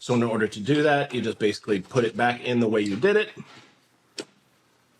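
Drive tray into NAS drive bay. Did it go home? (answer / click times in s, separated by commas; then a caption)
yes / 4.2 s. Someone talks as a loaded drive tray is slid back into a UGREEN NAS drive bay. After the talking stops, a single sharp click at 4.2 s marks the tray latching and locking down, fully seated in the bay.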